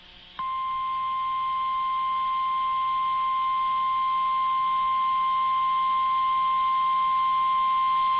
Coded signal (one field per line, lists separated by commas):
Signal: Emergency Alert System (SAME) tones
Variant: 1050 Hz attention tone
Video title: NEW CAMERA OBTAINED... EAS Alerts from 6/9/24 (EAS #4,318 - 4,321)